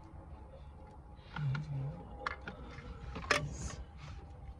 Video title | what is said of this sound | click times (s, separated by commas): Android 10 PX6 Double DIN Stereo unboxing, installation, and quick review in Skoda Octavia Mk2 1Z | yes now just having a closer look at how these bottom plugs insert you can see that these ones fit much better and you can hear them clicking | 2.3 s, 3.3 s